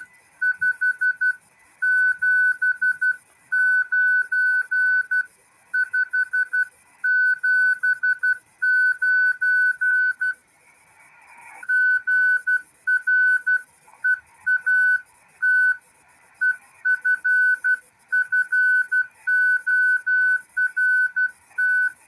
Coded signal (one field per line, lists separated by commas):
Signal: Morse code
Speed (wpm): 12 wpm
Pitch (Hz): 1500 Hz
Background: music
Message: 579 579 GREAT EFFORT